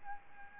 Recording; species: mosquito wingbeat signal from an infrared sensor; Aedes albopictus